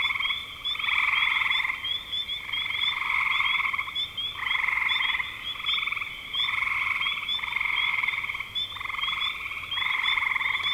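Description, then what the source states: Dense frog chorus, rhythmic bouts of pulsed trilling about a second each, nearly unbroken, with quick high chirps repeating steadily. Spring 2025.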